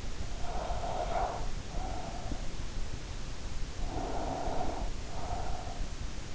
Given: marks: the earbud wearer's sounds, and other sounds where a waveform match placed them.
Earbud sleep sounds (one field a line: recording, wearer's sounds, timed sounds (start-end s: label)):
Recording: sounds in sleep by an in-ear microphone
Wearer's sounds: breath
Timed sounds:
0.28-2.47 s: breath
3.74-5.79 s: breath